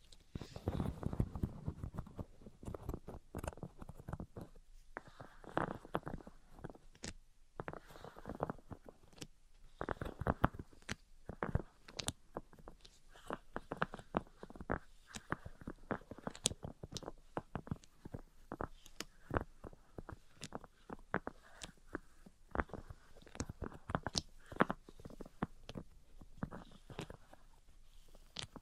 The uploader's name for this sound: Tapping, Scratching, and Tracing Sounds